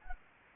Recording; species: mosquito wingbeat signal from an infrared sensor; Anopheles gambiae